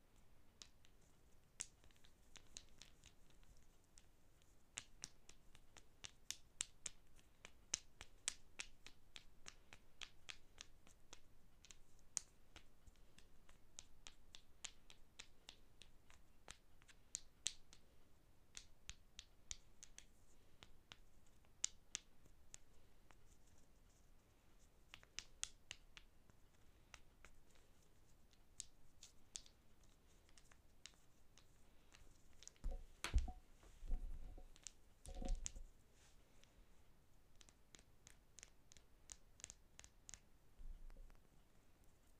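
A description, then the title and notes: Sharp wooden taps and clicks come in irregular, fairly dense bursts throughout, crisp. Around 33 to 36 seconds a louder, fuller stretch of scraping and knocking stands out before the lighter tapping resumes. I have a variety of wooden objects, all with their own original sound. Tapping and scratching Wooden objects.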